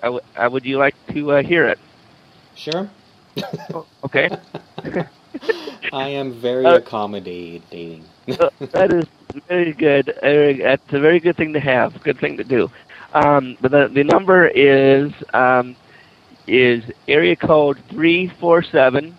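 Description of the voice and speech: Adult male speaker with stuttering: halting, conversational speech broken by frequent pauses, with repeated sounds and words and drawn-out sounds.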